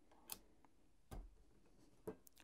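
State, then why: Seated. A second nozzle attachment is pushed onto the barrel of a Parkside PHLG 2000 E4 hot air gun and clicks into place at 0.3 s, locking on securely. Duller knocks follow at 1.1 s and 2.1 s, with faint ticks near 2.3 s and 2.4 s.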